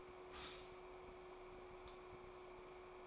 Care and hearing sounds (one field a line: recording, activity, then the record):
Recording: daily activity, microphone in the room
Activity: stop toaster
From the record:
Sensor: 1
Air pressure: 1014.7 hPa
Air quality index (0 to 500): 193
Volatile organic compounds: 28 ppm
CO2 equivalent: 2923 ppm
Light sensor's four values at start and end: 4/9/3/3 and 4/9/3/3